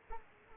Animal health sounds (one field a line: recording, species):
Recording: mosquito wingbeat signal from an infrared sensor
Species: Aedes aegypti